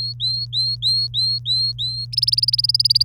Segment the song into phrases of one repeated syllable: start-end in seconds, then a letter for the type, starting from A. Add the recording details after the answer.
0.00-2.05 A, 2.13-3.04 B. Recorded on 29 April 2018 at 05:44. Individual llb3